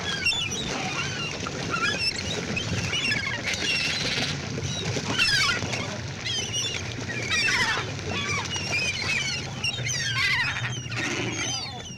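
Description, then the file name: Gull chatter: many short, bent, high calls from several birds overlap throughout, with a continuous low background rumble. "Seagull Chatter"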